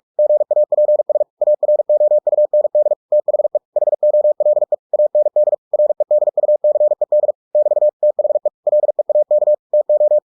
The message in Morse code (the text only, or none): GAPS AROUND THE HOLE AND REDUCED <BT> THE LEAK TO